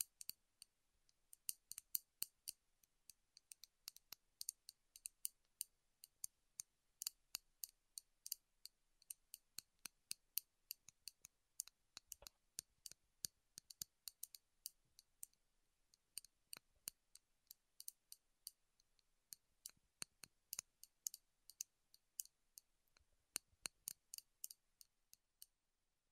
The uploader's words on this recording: ASMR Wood Triggers in Your Ears (No Talking).